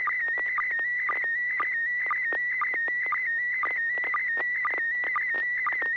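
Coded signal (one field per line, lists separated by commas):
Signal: SSTV (slow-scan television)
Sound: steady warbling whistle near 2 kHz with a lower chirp about every half second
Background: low hum and clicks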